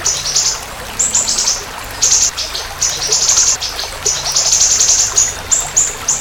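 Siri-siri bird singing rapid runs of thin, high, twittering notes, some bursts clustered and others drawn out, with a soft hiss behind.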